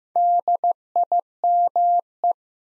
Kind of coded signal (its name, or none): Morse code